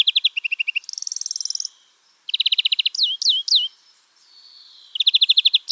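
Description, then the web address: European greenfinch song mixing fast trills, a higher buzzy rattle, three swooping downslurred notes and a faint drawn-out wheeze before more trills. "Schulze Peter European Greenfinch song"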